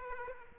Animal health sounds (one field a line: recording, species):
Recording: mosquito wingbeat signal from an infrared sensor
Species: Aedes aegypti